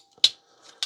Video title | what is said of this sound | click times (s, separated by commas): Transformers Beast Wars 10th Anniversary WASPINATOR transformed | that snaps into this hole. So, make sure that that's lined up properly | 0.2 s